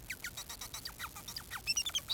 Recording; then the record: song of a male Bengalese finch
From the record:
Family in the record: son of father 4